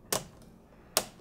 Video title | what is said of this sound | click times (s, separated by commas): How to Remove White Spots from Monitors & TVs (LED/LCD Screen Fix) with BenQ GW2470 Disassembly | Just snaps into place. | 0.1 s, 1.0 s